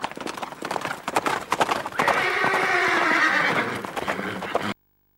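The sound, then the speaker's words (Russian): Chariot horses whinny with a long, high, quavering neigh over a steady patter of clip-clopping hooves, with rapid sharp clicks at the start before the neighing swells and then cuts off. “Значит, колесницы запрягались двумя лошадьми, ну, это правда, только новички таким образом выезжали, тремя.”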